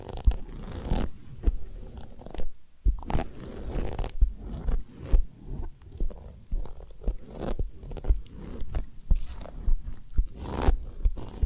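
Ear cleaning and massage sounds, with dense crunchy scraping and rubbing in irregular bursts, short sharp clicks, and a brief quiet gap near three seconds.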